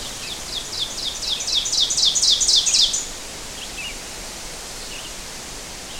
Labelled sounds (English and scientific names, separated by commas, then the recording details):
Ovenbird (Seiurus aurocapilla) song
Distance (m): 10 m
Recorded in boreal forest in Alberta, Canada, on 12 June 2016 at 05:52
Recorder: SongMeter 3, array SBT-3-18
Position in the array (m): 203 m, 78 m
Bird 31